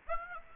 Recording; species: mosquito wingbeat signal from an infrared sensor; Aedes aegypti